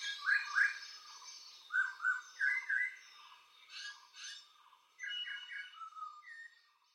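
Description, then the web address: Frog calls in quick paired and tripled whistled notes, standing out from a busy background chorus of trills and chirps. Night chorus of frogs described as metallic frogs, recorded in Colombia. "colombia Noche de ranas metalicas"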